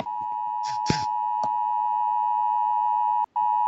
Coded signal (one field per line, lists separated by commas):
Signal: Emergency Alert System (SAME) tones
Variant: 853 and 960 Hz attention tone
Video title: Ranking eas alarms